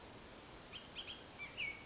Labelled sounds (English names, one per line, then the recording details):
Bullock's Oriole
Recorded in Sonoma County, California